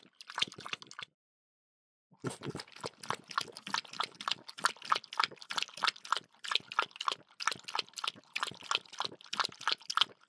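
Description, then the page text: French Bulldog drinking: a short burst of wet lapping, a brief pause, then a long run of rapid lapping. "French Bulldog Drinking 1. Quick Sounds"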